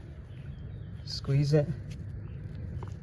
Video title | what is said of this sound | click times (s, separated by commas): New plants need water… add drip 💧 #sprinkler #diyprojects #dripirrigation #sprinklersystem | and it'll pop into place there | 2.8 s, 2.9 s